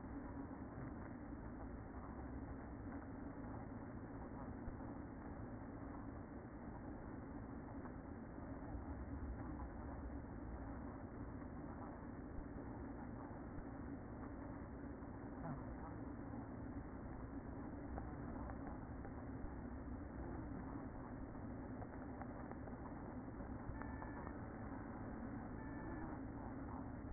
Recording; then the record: honeybee colony, microphone inside the hive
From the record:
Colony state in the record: queen present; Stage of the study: after two queens were removed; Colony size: about 60,000 bees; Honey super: yes